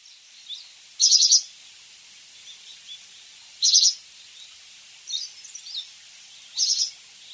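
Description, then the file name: Japanese wagtail song: three bright, buzzy high-pitched phrases, with faint scattered chirps between them. "segurosekirei"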